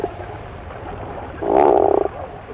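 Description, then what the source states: Tufted puffin giving a single short, low, moaning groan after a stretch of background noise. Groan-like call.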